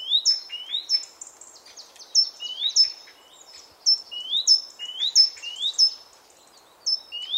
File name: Parus major